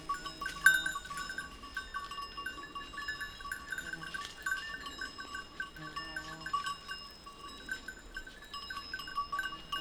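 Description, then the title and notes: Goat bells tinkling at random in overlapping light, ringing tones. A few goats grazing on a sloping meadow, their bells tinkling at random; Montcel near Chambéry, Savoie, France. "Village Tipi, Route du Revard, Chalets de la Clusaz, Montcel, Chambéry, Savoie, Auvergne-Rhône-Alpes, France métropolitaine, 73100, France - Les chèvres. Quelques chèvres broutent dans une prairie en pente, le raffiné tintement aléatoire de leurs clochettes empli l'espace, un discret criquet stridule dans les herbes"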